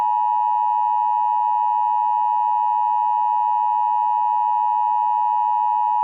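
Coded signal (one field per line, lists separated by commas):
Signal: Emergency Alert System (SAME) tones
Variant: 853 and 960 Hz attention tone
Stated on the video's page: Fictional EAS scenario.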